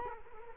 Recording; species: mosquito wingbeat signal from an infrared sensor; Culex quinquefasciatus